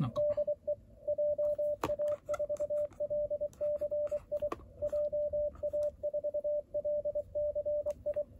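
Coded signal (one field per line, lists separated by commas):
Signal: Morse code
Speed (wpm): 24 wpm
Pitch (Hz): 590 Hz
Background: radio noise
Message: DE JA4LCI JA4LCI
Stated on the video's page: Beginner CW contact on 28 MHz at 18 WPM, IC-705 at 10W into a carbon fishing-rod wire antenna; other station used 4-element Yagi; conditions faded near the end.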